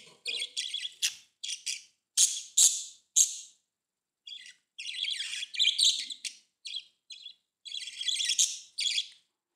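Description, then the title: Budgerigar warbling in scratchy, buzzy phrases, with short chirps and longer chattering runs following each other closely. "Budgie Sounds"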